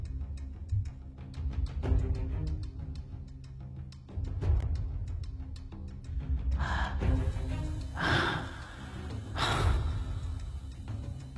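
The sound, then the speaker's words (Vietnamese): Heavy, snorting breaths like a bull buffalo's, from something chasing on foot from behind: several loud, rough huffs, the strongest three coming in the second half at a steady rhythm over a low, rumbling background. “Và điều đặc biệt nữa là nó nghe tiếng thở phì phì, cảm giác như là tiếng trâu mộng.”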